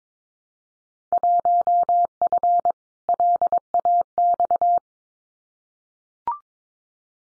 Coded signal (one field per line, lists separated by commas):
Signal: Morse code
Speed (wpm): 22 wpm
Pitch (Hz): 700 Hz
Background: none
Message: 1F LAX